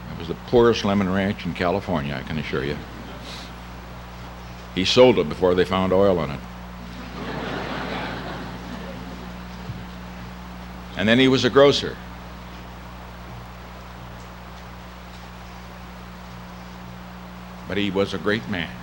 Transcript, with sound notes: It was the poorest lemon ranch in California, I can assure you. He sold it before they found oil on it. [Laughter] And then he was a grocer. But he was a great man,